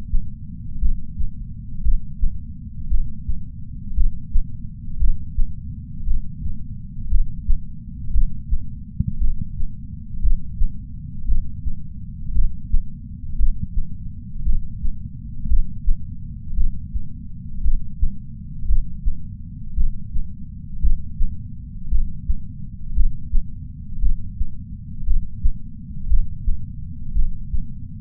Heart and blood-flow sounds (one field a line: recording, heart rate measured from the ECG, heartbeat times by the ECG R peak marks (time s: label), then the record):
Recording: heart sounds by patch sensor on the chest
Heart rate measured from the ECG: 57 bpm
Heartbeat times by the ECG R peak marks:
0.80 s: heartbeat
1.83 s: heartbeat
2.89 s: heartbeat
3.95 s: heartbeat
4.99 s: heartbeat
6.05 s: heartbeat
7.09 s: heartbeat
8.12 s: heartbeat
9.19 s: heartbeat
10.21 s: heartbeat
11.26 s: heartbeat
12.33 s: heartbeat
13.37 s: heartbeat
14.44 s: heartbeat
15.48 s: heartbeat
16.55 s: heartbeat
17.62 s: heartbeat
18.67 s: heartbeat
19.75 s: heartbeat
20.81 s: heartbeat
21.89 s: heartbeat
22.94 s: heartbeat
24.00 s: heartbeat
25.05 s: heartbeat
26.08 s: heartbeat
27.13 s: heartbeat
From the record:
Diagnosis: coronary artery disease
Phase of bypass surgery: preoperative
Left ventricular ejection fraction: 63.3%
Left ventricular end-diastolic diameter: 44 mm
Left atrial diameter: 35 mm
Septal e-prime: 7 cm/s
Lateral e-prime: 10.5 cm/s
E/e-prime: 9.8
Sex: female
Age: 68 years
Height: 161 cm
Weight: 66.6 kg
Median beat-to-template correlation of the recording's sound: 0.94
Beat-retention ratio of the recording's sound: 0.99